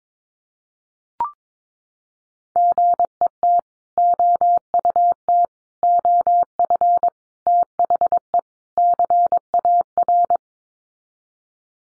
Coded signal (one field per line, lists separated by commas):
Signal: Morse code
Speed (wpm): 22 wpm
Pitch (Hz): 700 Hz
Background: none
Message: GET OUT OF THE CAR